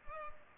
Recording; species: mosquito wingbeat signal from an infrared sensor; Culex pipiens